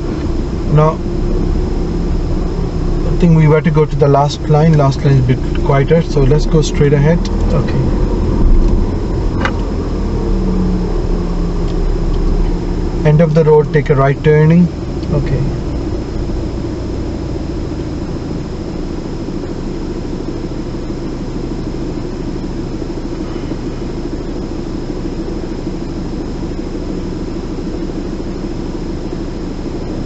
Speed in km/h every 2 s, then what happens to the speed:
8, 6, 8, 11, 10, 8, 8, 5, 0, 0, 0, 0, 0, 0, 0.
0-7 steady at about 8. 7-15 slows to 0. 15-30 standing.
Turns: none.